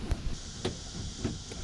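Inside the door of a 2005 Ford F-250 pickup truck, during an exterior door handle replacement, the metal actuating rod is snapped into the small plastic rod clip on the new exterior door handle. Two short clicks are heard at about 0.1 s and 0.7 s over a low background hum. The rod clip snaps in and is seated.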